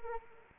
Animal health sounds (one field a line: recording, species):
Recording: mosquito wingbeat signal from an infrared sensor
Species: Anopheles arabiensis